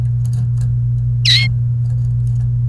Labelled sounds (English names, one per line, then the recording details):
Domestic Canary song
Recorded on 28 April 2018 at 11:05
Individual llb3